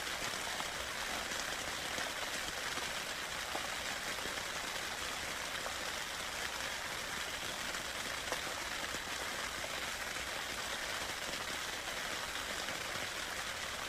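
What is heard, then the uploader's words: Rain drums steadily on a tent through a stormy night, a dense, even patter with countless tiny taps blending into a bright hiss. The level holds constant throughout, with occasional slightly heavier drops standing out against the continuous wash. Rain on a Tent From One Of My Overnights in Wicklow. I recored this on a stormy Autumn night in one of my favorite spots.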